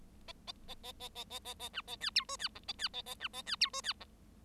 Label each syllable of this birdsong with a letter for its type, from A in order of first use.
A A A A A A A A A B A C D E C F A C A A B A C D E C F